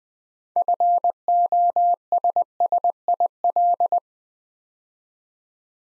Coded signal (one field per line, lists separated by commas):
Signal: Morse code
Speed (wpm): 20 wpm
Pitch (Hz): 700 Hz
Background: none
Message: FOSSIL